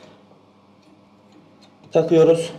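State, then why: Not seated. A plastic bridge piece is lined up with the fittings inside a Vitra concealed cistern before being pushed on, during a repair of a cistern leaking water into the toilet bowl. Faint handling noise over a low hum is heard for about two seconds, then someone talks. Nothing has seated or clicked yet.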